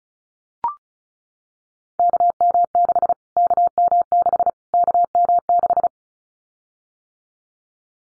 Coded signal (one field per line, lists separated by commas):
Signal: Morse code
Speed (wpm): 34 wpm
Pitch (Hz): 700 Hz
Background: none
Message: KM6 KM6 KM6